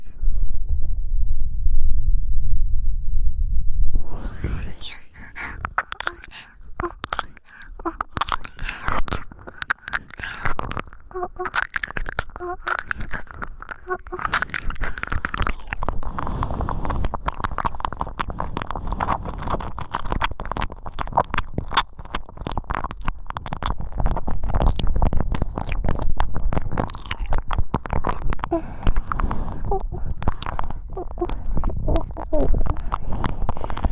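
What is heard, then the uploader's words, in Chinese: Ear licking with breathing and kisses: a low muffled rumble opens, then from about four seconds dense wet smacks and clicks continue steadily to the end. 舔耳和喘气加亲亲。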